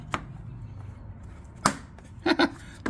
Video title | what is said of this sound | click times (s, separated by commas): Installing Tow Hooks on my 2021 Ram 1500 | at that that thing's snapped right in | 1.7 s